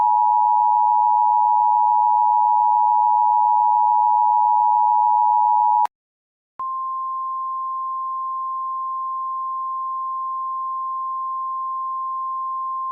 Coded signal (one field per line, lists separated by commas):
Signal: Emergency Alert System (SAME) tones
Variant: 853 and 960 Hz attention tone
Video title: Mock EAS: Annotations Going Away Warning